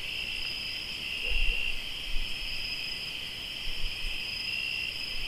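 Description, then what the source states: Cricket: steady high-pitched trilling, with a faint low note and soft rumbles early on. Crickets chirping, recorded in Tlayacapan, Morelos.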